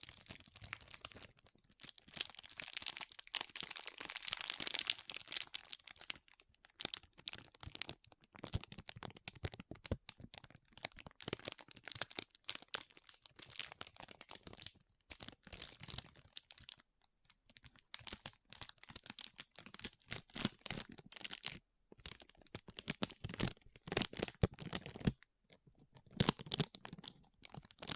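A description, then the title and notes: Soft, squishy and sticky crinkling with snips of cutting, made of dense clusters of quick crackly ticks and rustles. The sounds come in irregular bursts broken by brief silences, bright and papery, with a slightly louder, busier stretch around five seconds. Soft Squishy Sticky, Crinkle, Cutting Sounds.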